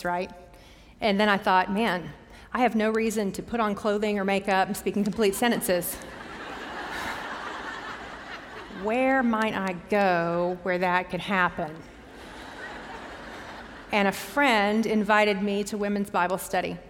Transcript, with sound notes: And then I thought, Man! I have no reason to put on clothing or makeup and speak in complete sentences! [laughter] Where might I go where that could happen? [laughter] And a friend invited me to women's Bible study.